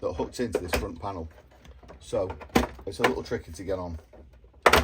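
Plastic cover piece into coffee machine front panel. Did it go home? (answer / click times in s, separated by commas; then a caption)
yes / 4.7 s. A plastic cover piece on a Saeco Royal OTC coffee machine is hooked under a small ridge on the front panel and pushed on during a grinder repair. Someone talks through most of the clip, then one sharp, loud snap at 4.7 s shows the cover snapping into place.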